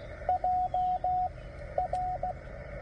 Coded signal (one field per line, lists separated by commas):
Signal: Morse code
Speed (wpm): 16 wpm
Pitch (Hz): 690 Hz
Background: radio noise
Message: J R